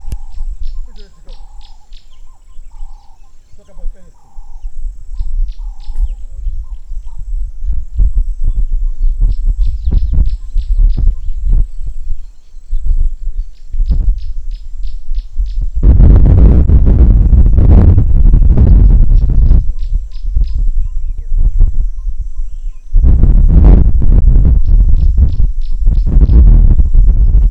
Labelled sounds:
Green-backed Camaroptera
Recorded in Lake Mburo, Uganda

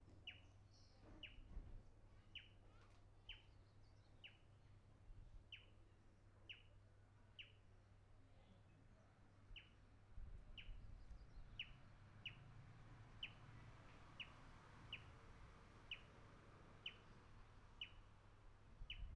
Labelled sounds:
Gray Wren-Warbler
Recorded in northern Uganda

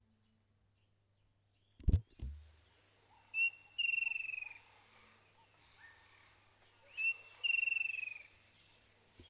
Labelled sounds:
Striped Kingfisher
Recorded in northern Uganda

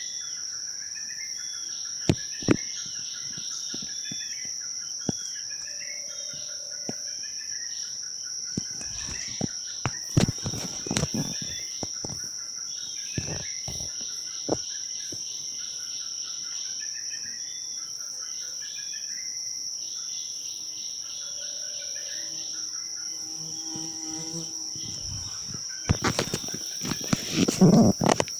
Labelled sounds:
Jameson's Antpecker
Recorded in Bwindi, Uganda

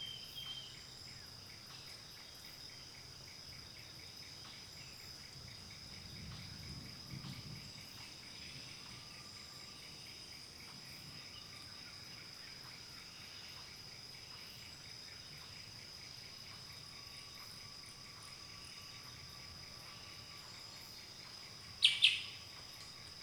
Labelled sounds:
Green Hylia
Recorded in Kibale, Uganda

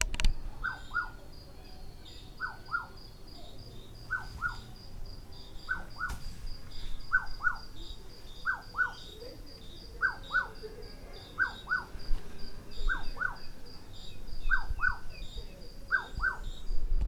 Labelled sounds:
Freckled Nightjar
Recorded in Lake Mburo, Uganda

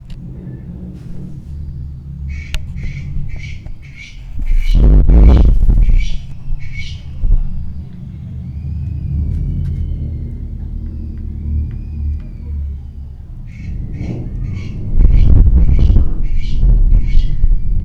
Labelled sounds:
Scaly Francolin
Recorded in Lake Mburo, Uganda

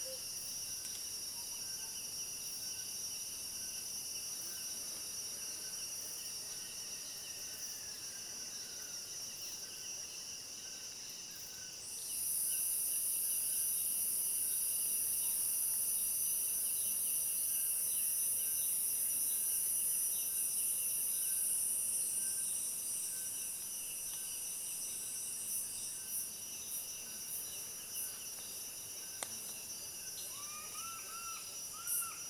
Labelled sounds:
Western Nicator
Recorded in Kibale, Uganda

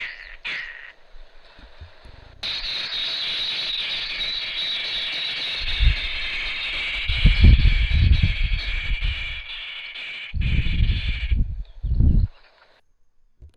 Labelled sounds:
Arrow-marked Babbler
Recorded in northern Uganda

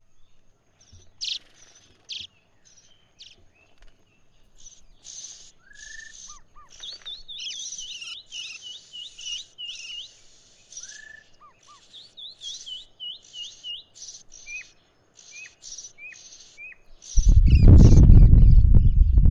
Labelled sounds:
Gray-headed Social-weaver
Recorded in northern Uganda

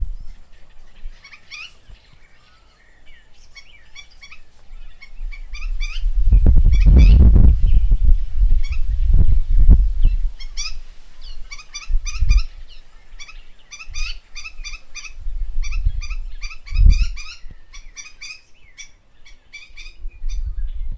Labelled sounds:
White-rumped Shrike
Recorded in northern Uganda

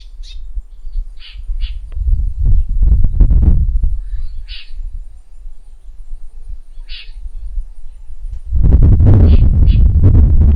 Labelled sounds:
Northern Puffback
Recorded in northern Uganda

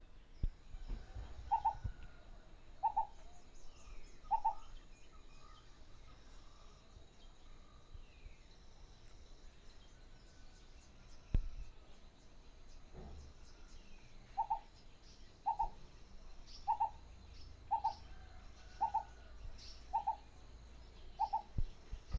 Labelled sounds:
Black Coucal
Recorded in northern Uganda

